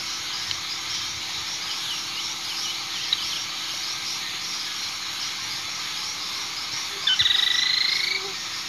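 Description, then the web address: Johannes's tody-tyrant giving one short, rapid stuttering trill near the end, over a steady dense insect chorus. South America, eastern lowlands; song. "Natures Songs S America Eastern Lowlands Hemitriccus iohannis, song"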